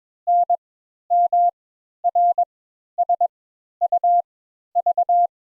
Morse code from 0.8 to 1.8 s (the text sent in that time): M